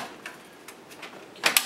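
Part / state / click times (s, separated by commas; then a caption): tool-less internal part into an all-in-one workstation chassis / seated / 1.5 s, 1.6 s. A tool-less removable internal part is pressed into the chassis of an HP Z1 all-in-one workstation, with faint handling knocks near 0.3 and 0.7 seconds. A sharp double snap follows at 1.5 and 1.6 seconds as the part seats home.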